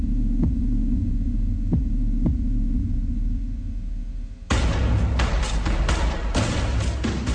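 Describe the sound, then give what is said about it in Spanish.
A heartbeat sound effect thumps slowly over a deep, steady low hum, then partway through a loud burst of harsh, crackling noise takes over with rhythmic pulses. “La Radio del Sur suenan los latidos de la patria grande”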